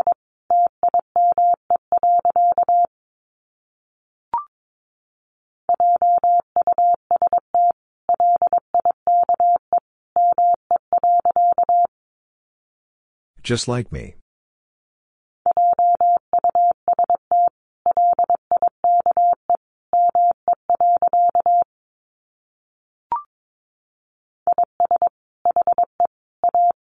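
Morse code beeps out in a single steady mid-pitched tone, with quick dots and longer dashes grouped into bursts separated by silent pauses. Around the middle, a brief rough burst of noise interrupts, and two short isolated clicks appear near 4 and 23 seconds.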